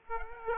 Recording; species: mosquito wingbeat signal from an infrared sensor; Aedes aegypti